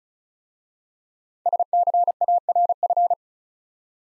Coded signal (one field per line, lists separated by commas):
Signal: Morse code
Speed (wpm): 36 wpm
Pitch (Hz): 700 Hz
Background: none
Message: SCARF